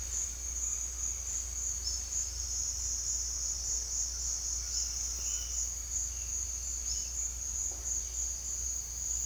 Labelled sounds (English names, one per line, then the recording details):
none
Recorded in secondary vegetation near Puerto Asís, Putumayo, Colombia, on 4 March 2025 at 17:00
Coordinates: 0.500, -76.326
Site GP04